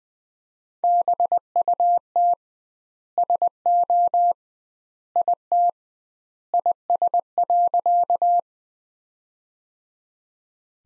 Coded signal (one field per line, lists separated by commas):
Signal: Morse code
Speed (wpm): 20 wpm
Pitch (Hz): 700 Hz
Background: none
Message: BUT SO IT IS.